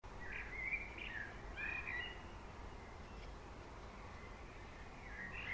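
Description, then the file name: Common blackbird giving brief warbled phrases early on and again at the end, with steady low background noise. "Turdus merula"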